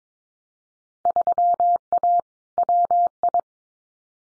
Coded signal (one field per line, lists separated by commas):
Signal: Morse code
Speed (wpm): 22 wpm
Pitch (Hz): 700 Hz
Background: none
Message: 3A WI